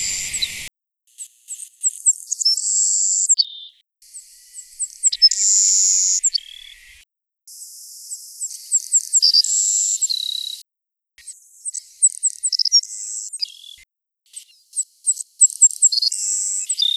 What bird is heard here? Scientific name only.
Passerculus sandwichensis